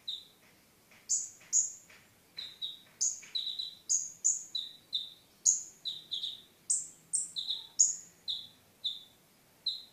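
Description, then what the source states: Sunbird song: a sustained series of high, bright notes switching between a shrill upper tone and a lower, slightly buzzy one. Mountain sunbird, described as a champion songbird.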